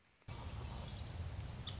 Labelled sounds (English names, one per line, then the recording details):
Orange-crowned Warbler
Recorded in Sonoma County, California